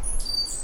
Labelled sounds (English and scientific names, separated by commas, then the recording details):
Stitchbird (Notiomystis cincta) song
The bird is a male
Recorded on Tiritiri Matangi Island, New Zealand, in 2005
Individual 1, of nest box 1